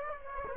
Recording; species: mosquito wingbeat signal from an infrared sensor; Aedes aegypti